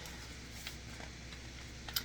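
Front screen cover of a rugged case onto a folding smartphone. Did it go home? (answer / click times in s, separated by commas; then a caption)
yes / 1.9 s, 2.0 s. The clear, shatterproof tempered-glass front cover of a rugged plastic SUPCASE case is slid onto the outer screen of a Z Fold 6 folding phone and pressed into position. After a faint tick at about 0.7 s over a low steady hum, two sharp snaps at 1.9 s and 2.0 s mark the cover seating into place.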